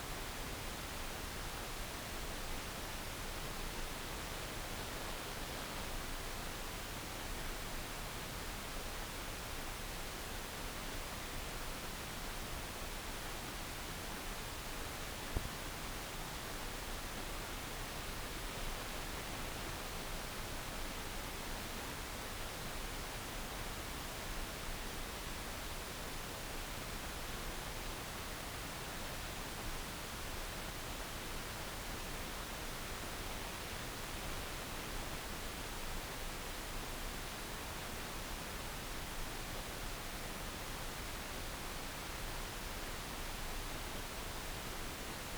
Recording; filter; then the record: brain microelectrode recording played as sound; wide band, above 20 Hz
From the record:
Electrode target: subthalamic nucleus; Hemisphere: left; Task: reaching with the right hand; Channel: 2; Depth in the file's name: 0.251 mm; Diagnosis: Parkinson's disease